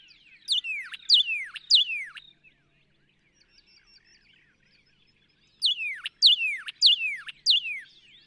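Northern cardinal singing two bursts of bright whistles that swoop steeply downward, with a quiet pause of a few seconds between the phrases.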